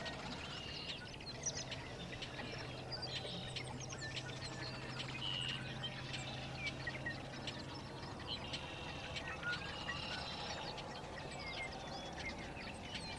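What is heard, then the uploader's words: A dawn chorus in a marsh, thick with overlapping bird calls: bright chirps and trilling phrases repeat throughout, with louder bursts around two, six and ten seconds. A low steady hum runs from about one to eight seconds beneath a constant wash of background noise. The sandhill cranes take center stage in this dawn chorus recording in the Sierra Valley Marsh near Portola, California. The microphones were AT-4022 omni condensers on a Jecklin disk binaural baffle.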